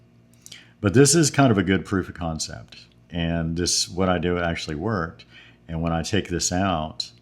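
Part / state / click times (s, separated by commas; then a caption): folding knife lock bar locking behind the blade tang / not seated / none. A folding knife with a reworked detent ramp is handled while someone talks, with a few faint ticks around 0.3–0.5 s. The lock bar has not yet snapped into lockup behind the blade tang; nothing has seated or clicked yet by the end of the clip.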